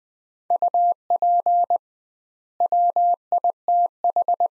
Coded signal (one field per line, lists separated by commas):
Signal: Morse code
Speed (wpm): 20 wpm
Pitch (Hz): 700 Hz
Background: none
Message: UP WITH